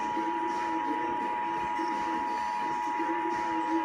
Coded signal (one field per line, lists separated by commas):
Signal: Emergency Alert System (SAME) tones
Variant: 853 and 960 Hz attention tone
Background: speech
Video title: Child Abduction Emergency EAS #46